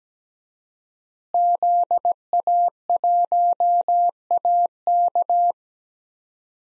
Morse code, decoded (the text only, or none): ZA1AK